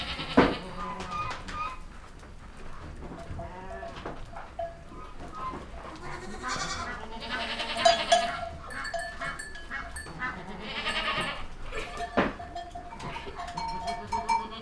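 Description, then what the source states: A herd of goats bleating continuously, overlapping calls of different pitches, with sharp knocks and clatter around them. Goats recorded in a goat stable.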